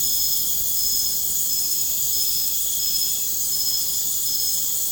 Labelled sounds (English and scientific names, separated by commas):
none